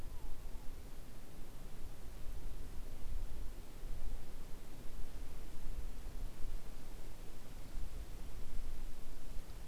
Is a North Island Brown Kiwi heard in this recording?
no